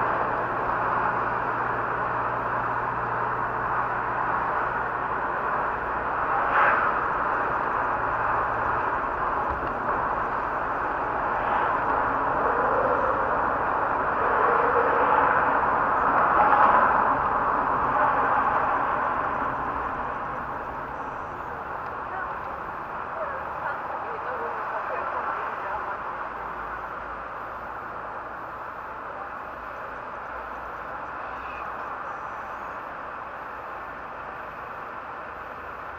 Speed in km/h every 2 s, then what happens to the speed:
37, 39, 40, 37, 36, 35, 33, 32, 29, 30, 21, 14, 1, 1, 1, 1, 1, 1.
0-5 steady at about 39. 5-24 slows to 1. 24-36 standing.